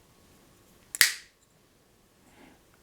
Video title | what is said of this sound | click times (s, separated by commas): Telefunken Torn.E.b. WW2 radio repair part 1 | and the tube pops right in like so | 0.9 s, 1.0 s